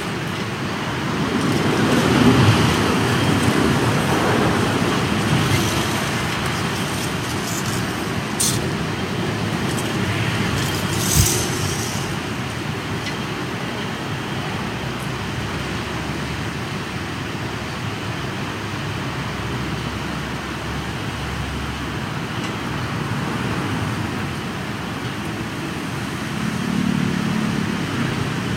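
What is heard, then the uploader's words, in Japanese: Strong wind on an early rainy-season day roars steadily, with a deep rumbling low end throughout. Gusts swell around the two-second mark and again near the end. A few brief knocks and rattles cut through around eight and eleven seconds. とある梅雨入りの強風。風のものすごく強い日がありましたね。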